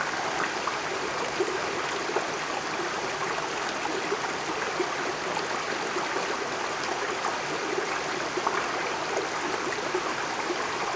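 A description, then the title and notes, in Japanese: A stream runs steadily for the whole clip, a dense, even rush of water that sits in the middle and upper range with almost no low rumble. Small splashes and trickling bursts flicker through it now and then, while the overall level never rises or falls. 04:07pm 飯能市南川。マイクロフォン：SENNHEISER MKH 418-S、audio-technica AT9912 ×2（ABステレオ）。レコーダー：TASCAM Portacapture X8（32bit float/ 192kHz収録）。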